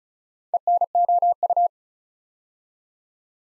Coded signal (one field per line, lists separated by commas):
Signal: Morse code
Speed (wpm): 36 wpm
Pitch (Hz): 700 Hz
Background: none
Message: ENOU